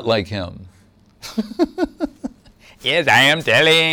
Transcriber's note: laughing